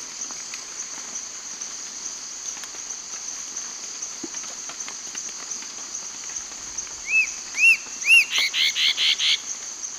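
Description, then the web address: Spot-backed antshrike song: after several seconds of steady insect hum, a few arched whistles rise and fall, then run into a quick series of notes. Song; South America, eastern lowlands. "Natures Songs S America Eastern Lowlands. Megastictus margaritatus, song"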